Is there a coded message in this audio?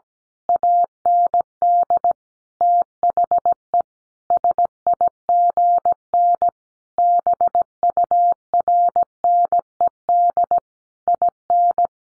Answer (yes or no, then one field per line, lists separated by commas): yes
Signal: Morse code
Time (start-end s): 0.5-11.9 s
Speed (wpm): 17 wpm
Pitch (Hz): 700 Hz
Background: none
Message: AND THE SIGN BURNED IN